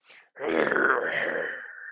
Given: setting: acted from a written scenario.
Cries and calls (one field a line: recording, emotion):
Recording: vocal sound without words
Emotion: anger